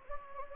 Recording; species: mosquito wingbeat signal from an infrared sensor; Anopheles gambiae